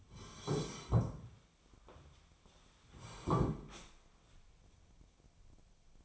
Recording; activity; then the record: daily activity, microphone in the room; sit down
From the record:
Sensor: 1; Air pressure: 1015.3 hPa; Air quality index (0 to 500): 154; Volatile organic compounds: 9 ppm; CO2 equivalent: 2136 ppm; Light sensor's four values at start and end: 11/27/11/13 and 12/29/12/13